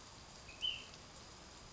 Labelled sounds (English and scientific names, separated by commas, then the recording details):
Ash-throated Flycatcher (Myiarchus cinerascens)
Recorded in Sonoma County, California